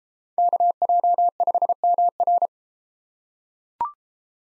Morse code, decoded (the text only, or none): KJ5MR